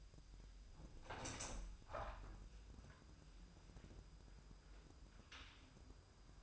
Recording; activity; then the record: daily activity, microphone in the room; open window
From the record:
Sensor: 2